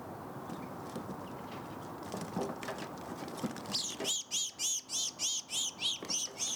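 House sparrow calling: a steady run of arched, high chirps about three each second, starting midway after a stretch of low rumbling noise.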